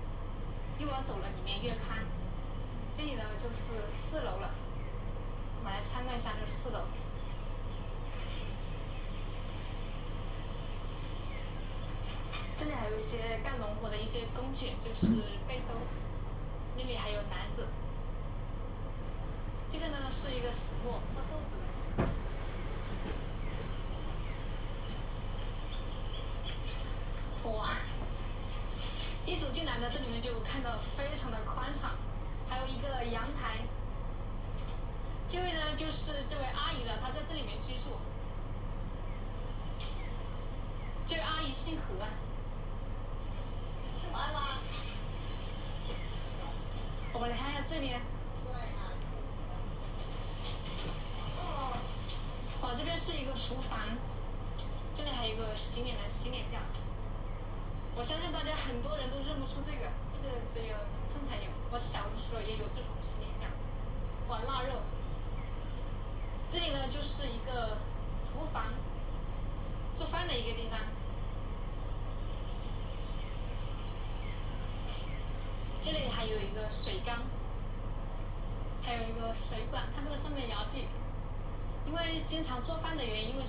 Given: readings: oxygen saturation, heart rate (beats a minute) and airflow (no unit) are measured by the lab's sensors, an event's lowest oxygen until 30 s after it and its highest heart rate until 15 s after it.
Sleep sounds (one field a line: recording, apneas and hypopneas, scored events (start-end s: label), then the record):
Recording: a person awake in a sleep study, by a smartphone at the bedside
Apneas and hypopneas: none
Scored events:
0.00-83.49 s: awake
From the record:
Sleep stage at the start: awake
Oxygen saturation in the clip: 94 to 96%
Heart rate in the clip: 60 to 83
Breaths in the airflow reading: 26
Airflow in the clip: -11.2 to 9.0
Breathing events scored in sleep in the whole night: 476 in 9.7 hours asleep